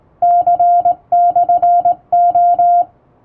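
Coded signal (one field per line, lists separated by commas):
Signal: Morse code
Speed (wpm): 20 wpm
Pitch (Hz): 700 Hz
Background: music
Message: C/O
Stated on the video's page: Hand-keyed Morse on a straight key with correct posture and basic keying, sending English-language telegram practice text from a radiotelegraph practice book, for practice.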